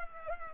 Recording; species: mosquito wingbeat signal from an infrared sensor; Culex pipiens